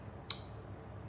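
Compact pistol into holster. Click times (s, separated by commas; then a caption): 0.3 s. A loaded Glock 43 compact 9 mm pistol with a flush six-plus-one magazine is pushed into its holster. A single sharp, bright click at 0.3 s rises sharply above a quiet low hum as the holster's retention catches it. The pistol seats firmly in the holster.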